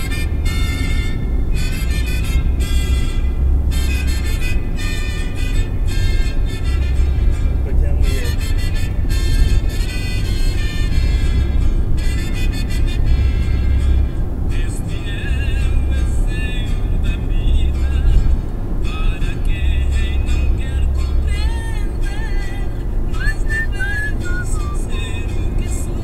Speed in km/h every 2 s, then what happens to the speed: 82, 84, 85, 86, 87, 89, 91, 92, 93, 93, 94, 96, 97.
0-26 speeds up to 97.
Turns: none.